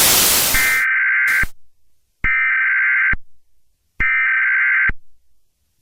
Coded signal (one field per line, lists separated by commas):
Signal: Emergency Alert System (SAME) tones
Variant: header bursts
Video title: EAS Scenario #1 Cleveland Meltdown